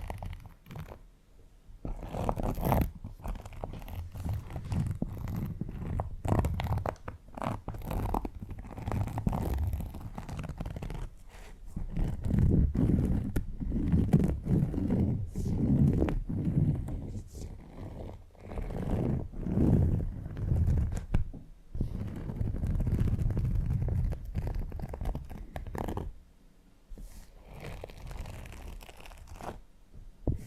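Fingers scratch and drag across textured leather in dense, rapid strokes, with a gritty rasp and a low rubbing rumble underneath. The scratching runs nearly continuously from about 2 to 26 seconds, with brief pauses near 2, 21 and 26 seconds, then quieter scratches at the end.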